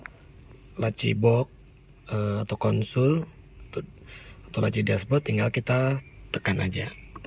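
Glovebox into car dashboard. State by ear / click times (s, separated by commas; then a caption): not seated / none. A plastic glovebox is being handled to go back into the dashboard of a Honda Civic FD, which is pressed in until its left and right latches click in. Someone talks throughout, with a few faint knocks and taps. The clip ends before the glovebox goes home, and nothing has seated or clicked yet.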